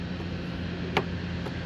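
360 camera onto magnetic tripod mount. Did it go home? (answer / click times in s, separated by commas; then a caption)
yes / 1.0 s. A compact 360 camera is placed onto its proprietary magnetic tripod mount. Over a steady low hum, a single sharp click at 0.97 s marks it seating and locking into place, followed by a faint softer tick near 1.5 s.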